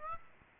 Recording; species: mosquito wingbeat signal from an infrared sensor; Aedes aegypti